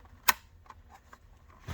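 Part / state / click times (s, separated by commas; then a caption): hinge spring in the lid hinge / not seated / none. The hinge spring in the lid hinge of an iRobot M6 Braava Jet is brought around to be tucked underneath, making a sharp plastic-sounding snap at about 0.3 s, followed by fainter ticks near 0.7 s and 1.1 s and a low rustle at the end. The spring does not stay and pops out of its slot, so nothing has seated or clicked in yet.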